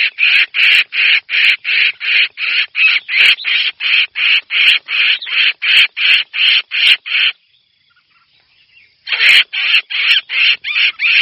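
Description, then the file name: Red-whiskered bulbul distress call: loud rasping notes in a fast regular series, a pause of nearly two seconds, then the series resumes. Distress call; the bird is calling for help. "Tieng chao mao keu cuu"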